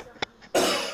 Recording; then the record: coughing mixed with background sound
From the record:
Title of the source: Cough Around the Clock!